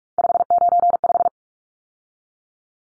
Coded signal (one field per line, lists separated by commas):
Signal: Morse code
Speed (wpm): 44 wpm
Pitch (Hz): 700 Hz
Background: none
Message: 595